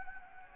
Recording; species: mosquito wingbeat signal from an infrared sensor; Anopheles gambiae